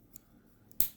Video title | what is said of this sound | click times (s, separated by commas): Garbage! - Invicta DC Comics 63mm Grand Octane Ltd Edition 200m Quartz Chrono 26910 Unbox & Review | Push it in, it snaps. | 0.8 s